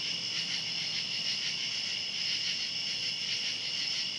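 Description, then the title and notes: Cicadas in a dense, steady chorus of high buzzing tones, two bright bands holding constant with a faint pulsing shimmer throughout. Outdoors at night. "Ext. Cicadas, Night by Bandeto"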